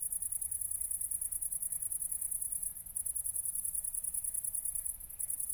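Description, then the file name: Cricket: dense, nearly continuous high-pitched cricket chirping, fast even pulses with small dips in loudness, over a quiet low background. Crickets recorded at night at Nordring, Kirchmöser, Brandenburg, Germany, 4 August 2014, 00:53. "City Country Me Brandenburg Kirchmoeser Nordring Grillen 201408040053 OLBIN"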